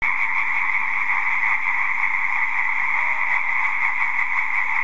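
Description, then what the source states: European tree frog chorus: a dense, continuous wall of calling that never pauses, at steady loudness. Observation dated 28 April 2015, 22:26.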